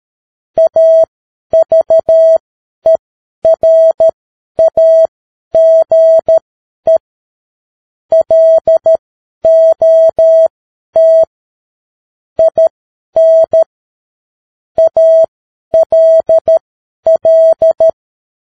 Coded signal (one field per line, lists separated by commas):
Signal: Morse code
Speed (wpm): 13 wpm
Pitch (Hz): 650 Hz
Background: none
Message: AVERAGE LOT IN ALL